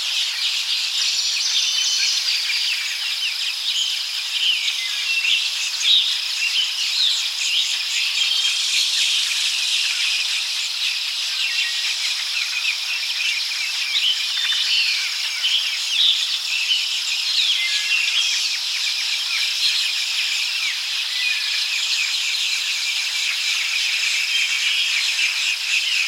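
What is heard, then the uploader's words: A rainforest soundscape, dense and steady throughout, with a bright, continuous shimmer of insects and many birds chirping and trilling over one another. Nothing low or deep sits underneath, and the overall level barely changes across the recording. Forest Sounds Ambiance. The peaceful, ambient sounds of a happy rainforest.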